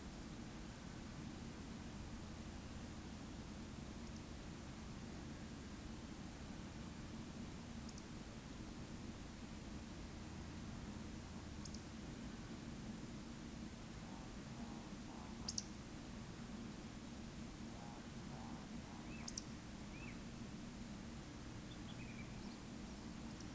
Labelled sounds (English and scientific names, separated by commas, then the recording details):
Eurasian Woodcock (Scolopax rusticola) whistle, Eurasian Woodcock (Scolopax rusticola) croak
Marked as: whistle, whistle, whistle, croak, whistle, croak, whistle, croak, whistle, croak, whistle
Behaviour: display flight
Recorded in Baden-Württemberg, Germany, on 14 May 2021 at 19:38 UTC
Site 25175, 602 m above sea level